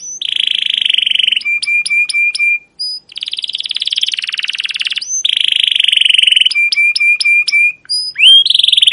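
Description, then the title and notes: Canary song of long rolling buzzy trills alternating with steady whistled notes and short repeated chips, the trill phrases returning throughout. Captive canary song used to train other canaries; Indonesian names 'cuit cuit ngerol' and 'gacor panjang' for the chirping, rolling style, played to young birds learning sounds. "CUIT CUIT NGEROL GACOR PANJANG Kenari Pancingan KENAR. PANCINGAN Kenari GACOR PANJANG Cuit CUIT EMOSI MASTERAN Kenari PAUD belajar BUNYI. burung kenari"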